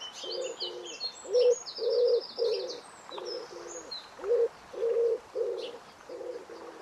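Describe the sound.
Bird cooing in low, hollow paired notes repeated in bursts, with high thin chirps and twitters from other birds above.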